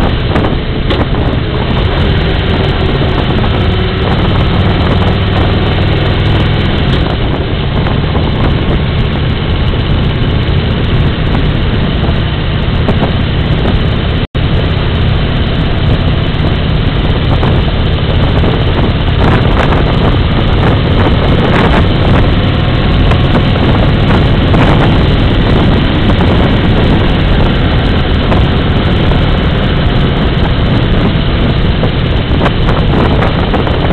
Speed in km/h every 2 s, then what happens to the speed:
56, 54, 50, 52, 52, 48, 43, 42, 39, 36, 39, 39, 42, 43, 43, 44, 49.
0-3 slows to 50. 3-8 steady at about 52. 8-17 slows to 36. 26-34 steady at about 43.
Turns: none.